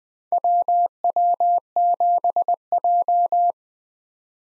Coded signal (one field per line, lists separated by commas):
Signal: Morse code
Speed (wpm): 20 wpm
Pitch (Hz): 700 Hz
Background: none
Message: WW7J